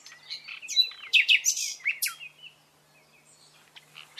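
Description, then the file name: Common nightingale song: one rich phrase of slurred whistles and sharp descending notes lasting about two seconds, then faint, scattered quiet notes. "Luscinia megarhynchos"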